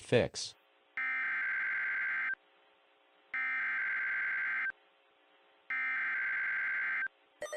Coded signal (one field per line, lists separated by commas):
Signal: Emergency Alert System (SAME) tones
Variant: header bursts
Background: speech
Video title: EAS Scenario West Eruption of 2028